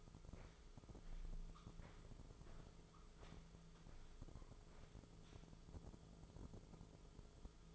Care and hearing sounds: daily activity, microphone in the room; walk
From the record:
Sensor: 5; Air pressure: 1005.6 hPa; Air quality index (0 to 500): 93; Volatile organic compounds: 2 ppm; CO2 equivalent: 1136 ppm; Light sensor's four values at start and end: 33/77/31/29 and 33/76/30/29

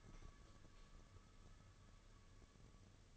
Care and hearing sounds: daily activity, microphone in the room; light off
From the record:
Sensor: 4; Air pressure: 995.3 hPa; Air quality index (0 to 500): 212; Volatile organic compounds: 230 ppm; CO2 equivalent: 4306 ppm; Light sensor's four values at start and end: 9/21/8/10 and 9/21/8/10

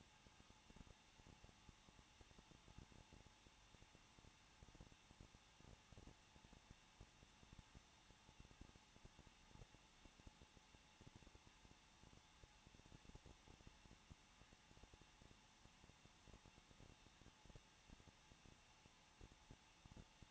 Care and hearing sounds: daily activity, microphone in the room; no activity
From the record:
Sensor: 1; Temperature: 20.1 degrees Celsius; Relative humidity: 39.2%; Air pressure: 1006.3 hPa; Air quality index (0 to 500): 218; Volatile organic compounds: 78 ppm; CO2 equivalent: 3594 ppm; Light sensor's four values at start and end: 1/2/1/1 and 1/2/1/1

